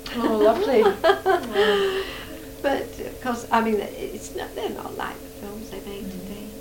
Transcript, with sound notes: Oh lovely! Oh.
[laughs] But, course, I mean, it's not. They're not like the films they make today.